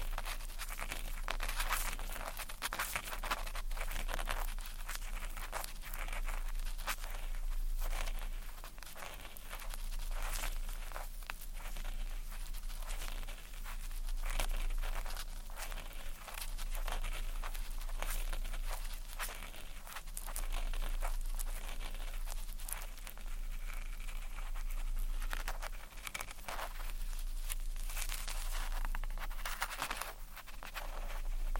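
Ear cleaning with tweezers and sticky sounds: a dense, continuous stream of crackly, crinkling clicks and taps that keeps going with little pause. The sounds are bright and scratchy, with a steady low hum underneath throughout.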